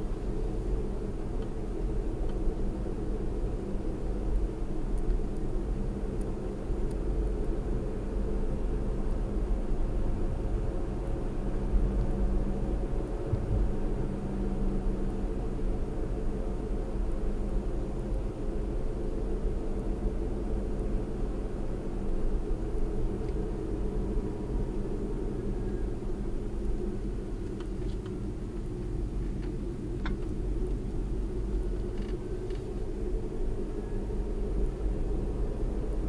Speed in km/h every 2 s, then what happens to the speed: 48, 48, 48, 48, 52, 52, 53, 53, 52, 52, 52, 52, 45, 39, 32, 37, 42, 47.
0-21 steady at about 52. 21-28 slows to 32. 28-36 speeds up to 47.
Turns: none.